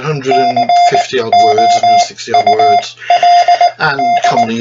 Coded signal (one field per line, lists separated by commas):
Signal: Morse code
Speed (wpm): 19 wpm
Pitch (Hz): 700 Hz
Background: speech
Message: COULD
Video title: FMT NEW FISTS Morse Tutor